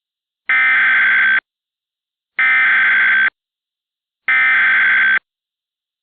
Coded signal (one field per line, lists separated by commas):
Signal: Emergency Alert System (SAME) tones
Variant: header bursts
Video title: EAS Mock Up #16 - Power Plant Boom